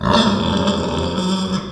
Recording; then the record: squeal of a Yucatan mini pig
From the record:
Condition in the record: after surgery on the right vocal fold (resection and tissue-engineered implant); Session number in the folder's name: 17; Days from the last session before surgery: 195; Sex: female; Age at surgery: 19 weeks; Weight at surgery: 25 kg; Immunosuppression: prednisolone